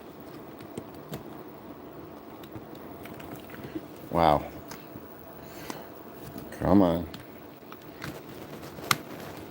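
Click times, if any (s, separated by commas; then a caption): 8.9 s. One side of a plastic panel on a transforming plastic toy figure is pushed into its slot while someone talks, with faint plastic handling ticks in the background. At 8.9 s a single sharp, bright click stands well above everything else as the panel seats into place.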